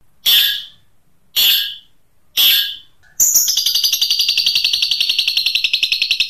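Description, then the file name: Long-tailed shrike song: three harsh rasping notes spaced about a second apart, then a long fast rattling trill that runs to the end. "Kuntilanak" song style. "Suara Cendet Kuntilanak"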